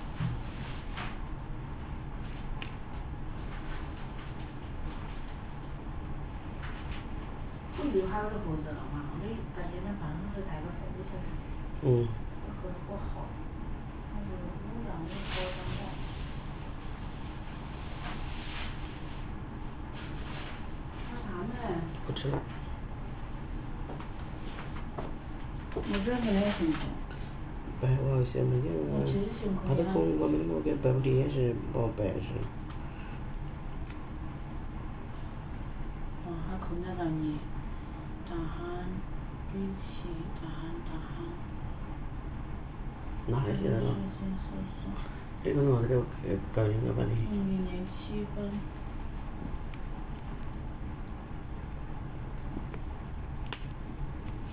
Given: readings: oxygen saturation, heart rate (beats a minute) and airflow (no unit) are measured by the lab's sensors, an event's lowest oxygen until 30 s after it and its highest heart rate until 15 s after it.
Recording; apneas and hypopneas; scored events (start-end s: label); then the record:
a person awake in a sleep study, by a smartphone at the bedside; none
0.00-54.52 s: awake
0.00-54.52 s: awake
From the record:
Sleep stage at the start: awake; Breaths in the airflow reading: 21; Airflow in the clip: -0.7 to 0.7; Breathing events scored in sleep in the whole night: 328 in 6.3 hours asleep